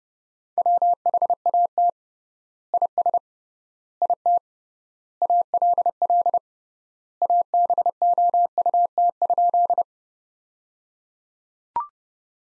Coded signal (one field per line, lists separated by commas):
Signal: Morse code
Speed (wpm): 30 wpm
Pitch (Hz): 700 Hz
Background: none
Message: WHAT IS IT ALL ABOUT?